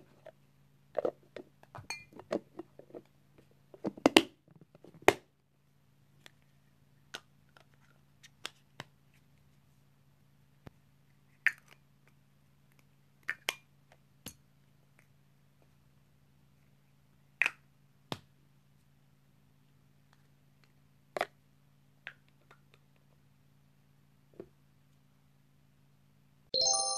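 Sharp clicks and snaps of tops being opened and closed, clustered in the first five seconds and then spaced out every second or two. A steady low hum runs underneath throughout, and a louder rustling burst comes in at the very end.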